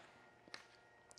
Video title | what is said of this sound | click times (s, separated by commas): Cleaning Tools for Produce Farms | brackets just snap on this rail | 0.5 s